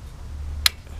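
A battery pack for a BULLS Cross Lite E Step-Thru e-bike is pushed hard back onto its tight, adjustable frame mounting plate over a low, steady hum. A single sharp click at 0.7 s marks it locking down, and the battery is seated.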